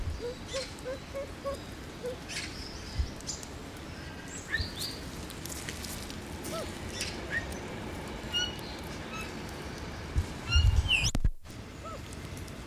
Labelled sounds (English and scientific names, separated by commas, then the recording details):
Siamese Fireback (Lophura diardi) call
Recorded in captivity
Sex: male
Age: adult
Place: Zoo Berlin, Berlin, DE
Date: 2002-10-22 12:42
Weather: overcast, 13°C
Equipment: Nagra SN, Kopie Uher 4000 Report Monitor
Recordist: Tembrock, Günter